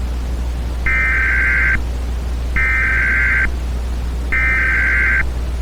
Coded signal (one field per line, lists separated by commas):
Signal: Emergency Alert System (SAME) tones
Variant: header bursts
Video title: The Thanksgiving Virus - EAS Scenario